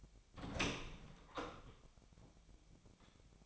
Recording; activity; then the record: daily activity, microphone in the room; open door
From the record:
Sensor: 1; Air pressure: 1007.3 hPa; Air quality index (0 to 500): 198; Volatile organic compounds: 19 ppm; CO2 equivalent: 2671 ppm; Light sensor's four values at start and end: 13/32/13/15 and 13/33/13/15